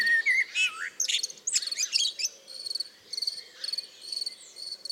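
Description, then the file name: Common blackbird giving loud mellow whistles and a squeaky twitter in the first two seconds, then only the rhythmic high chirping of crickets continues. "Turdus merula"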